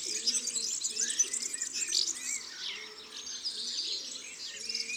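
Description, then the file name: European serin song, high fizzy jingling phrases throughout, with soft low cooing of a dove repeated in the background and a few lower chirps. "Serin cini ABC des chants doiseaux"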